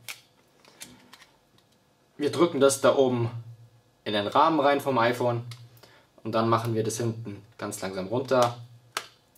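The front display assembly of an iPhone 3G/3GS is seated into the phone frame at the top, then slowly pressed down at the back while someone talks, with faint small clicks early on. A single sharp snap at 9.0 s marks the display assembly clicking into place in the frame.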